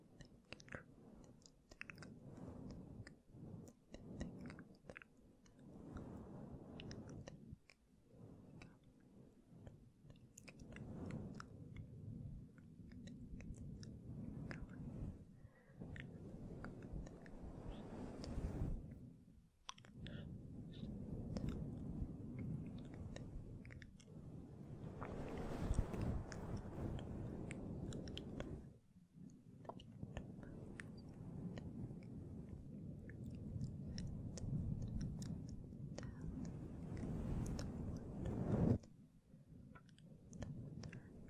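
Soft whispering with no clear words, mixed with gentle rubbing and tapping on the microphone that sounds like chewing or light crunching. The sound is dense and low, with brief pauses near 8, 19 and 29 seconds and a sharper tap near 38 seconds.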